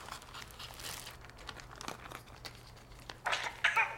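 Plastic crinkling and rustling as a plastic bag of fish is cut open in a kitchen, with scattered crisp crackles and a sharper burst of tearing toward the end, over a low steady hum.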